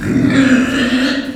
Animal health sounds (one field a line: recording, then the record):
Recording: squeal of a Yucatan mini pig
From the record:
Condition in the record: after surgery on the right vocal fold (resection and tissue-engineered implant)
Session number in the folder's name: 5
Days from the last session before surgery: 33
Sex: female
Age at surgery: 19 weeks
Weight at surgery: 25 kg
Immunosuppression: prednisolone